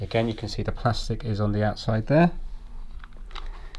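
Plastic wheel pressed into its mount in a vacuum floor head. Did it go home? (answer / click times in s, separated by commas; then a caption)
yes / 3.4 s. A cleaned plastic wheel is pressed back onto its axle mount in a Shark vacuum floor head, fixed so the head is no longer hard to push and stops leaving marks on the floor. Someone talks for the first two and a half seconds, then a few small sharp clicks follow, with the wheel clicking into place at 3.4 s and seated.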